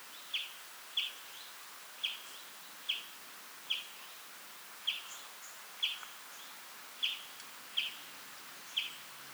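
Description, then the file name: European greenfinch calls: clear short chirps in a regular series, with a few fainter notes between, over steady hiss. "Chloris chloris"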